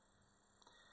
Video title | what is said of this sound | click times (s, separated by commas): Review SR 25 ARES [Review FR] | et ça se décroche. | 0.6 s, 0.7 s